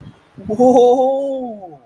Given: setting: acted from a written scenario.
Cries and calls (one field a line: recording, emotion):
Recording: vocal sound without words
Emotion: positive surprise